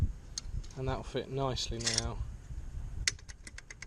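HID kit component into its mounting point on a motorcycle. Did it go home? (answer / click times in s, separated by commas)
yes / 3.1 s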